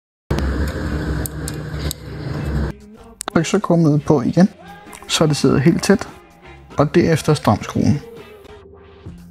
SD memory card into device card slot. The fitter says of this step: For at SD-kortet skal sidde korrekt, skal det trykkes helt ind, så det siger klik.